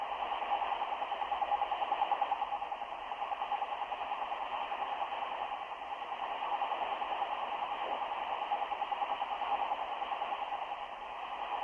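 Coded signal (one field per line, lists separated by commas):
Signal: radio time signal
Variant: RWM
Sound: rapid short beeps, about ten per second, at a steady pitch in heavy hiss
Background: radio static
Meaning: Ten pulses per second are RWM's fast tick marking tenths of a second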